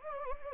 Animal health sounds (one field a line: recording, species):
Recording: mosquito wingbeat signal from an infrared sensor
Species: Anopheles gambiae